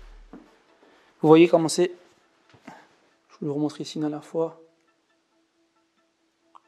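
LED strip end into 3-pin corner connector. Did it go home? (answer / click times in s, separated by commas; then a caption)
yes / 6.6 s. An LED strip end is fitted into a small plastic 3-pin corner connector and the clip is pressed closed. Someone talks, then after a quiet pause a sharp, short snap is heard at 6.6 s as the connector clips shut and the strip is seated.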